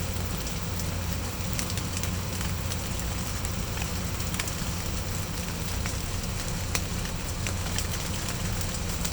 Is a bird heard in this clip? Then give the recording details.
no. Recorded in pastures near Puerto Asís, Putumayo, Colombia, on 16 December 2024 at 17:00. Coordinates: 0.505, -76.324. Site G063